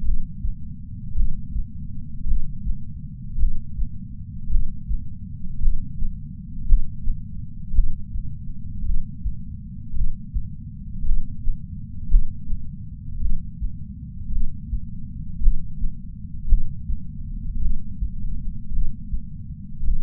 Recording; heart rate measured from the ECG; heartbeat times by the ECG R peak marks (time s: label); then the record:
heart sounds by patch sensor on the chest; 55 bpm
0.02 s: heartbeat
1.14 s: heartbeat
2.25 s: heartbeat
3.37 s: heartbeat
4.48 s: heartbeat
5.60 s: heartbeat
6.66 s: heartbeat
7.73 s: heartbeat
8.83 s: heartbeat
9.92 s: heartbeat
11.03 s: heartbeat
12.08 s: heartbeat
13.18 s: heartbeat
14.29 s: heartbeat
15.40 s: heartbeat
16.46 s: heartbeat
17.59 s: heartbeat
18.70 s: heartbeat
19.82 s: heartbeat
From the record:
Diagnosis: coronary artery disease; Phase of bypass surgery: postoperative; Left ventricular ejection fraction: 51.3%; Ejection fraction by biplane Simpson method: 50.8%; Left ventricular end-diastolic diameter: 53 mm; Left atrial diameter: 44 mm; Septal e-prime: 5.6 cm/s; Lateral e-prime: 9.8 cm/s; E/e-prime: 14.5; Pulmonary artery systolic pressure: 20 mmHg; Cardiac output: 6.3 L/min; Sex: male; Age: 70 years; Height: 165 cm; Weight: 70 kg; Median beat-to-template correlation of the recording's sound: 0.86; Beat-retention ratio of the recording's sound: 1.00